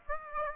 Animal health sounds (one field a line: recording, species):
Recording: mosquito wingbeat signal from an infrared sensor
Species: Aedes aegypti